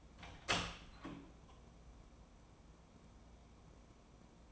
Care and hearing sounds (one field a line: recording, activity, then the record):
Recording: daily activity, microphone in the room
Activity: open door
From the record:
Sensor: 1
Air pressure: 1012.4 hPa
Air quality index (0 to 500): 163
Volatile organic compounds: 3 ppm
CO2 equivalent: 1338 ppm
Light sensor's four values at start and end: 812/1717/817/914 and 812/1714/817/914